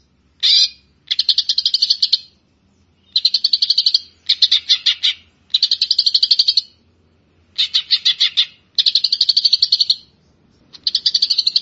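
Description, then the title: Grey-cheeked bulbul singing in repeated buzzy, rattling bursts of fast notes, each lasting about a second and separated by brief pauses. "Kicau Burung Cucak Jenggot"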